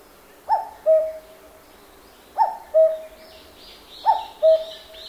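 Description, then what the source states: Cuckoo giving three two-note calls, a short higher note then a longer lower one, about every 1.8 seconds, with faint high chirps from other birds. Cuckoo calling in a forest in Japan.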